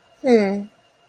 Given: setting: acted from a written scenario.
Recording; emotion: vocal sound without words; neutral